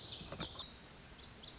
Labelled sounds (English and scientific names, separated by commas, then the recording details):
Lazuli Bunting (Passerina amoena)
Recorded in Sonoma County, California